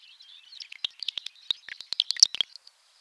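Bird song, a fast jumble of high chirps, trills and sharp clicks crowded into about two and a half seconds, ending abruptly.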